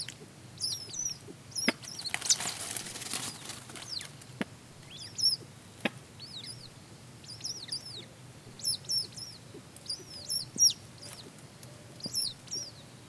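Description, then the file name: Rail calls: high, thin squeaky notes that rise and fall sharply, given in short clusters every second or so, with a brief burst of hiss early on and faint low clicks. "kuina"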